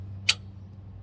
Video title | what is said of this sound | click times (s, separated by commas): Birdproofing 101 Keeping Pigeons From Destroying Your Solar Panels - How I Birdproof Solar Panels | is we will go and we will put it right underneath and push it up till it snaps, | 0.3 s